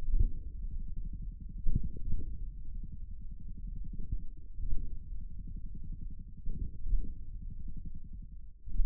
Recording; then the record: forearm muscle sounds (acoustic myography)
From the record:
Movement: hook grip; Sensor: system 1, eight BSWA MPA416 microphones around the upper forearm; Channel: 8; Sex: male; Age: 41 years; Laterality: right